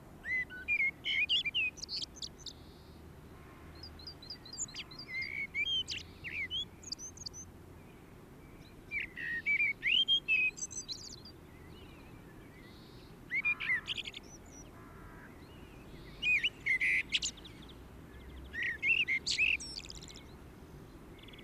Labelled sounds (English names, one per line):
Common Blackbird song